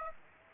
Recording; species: mosquito wingbeat signal from an infrared sensor; Aedes aegypti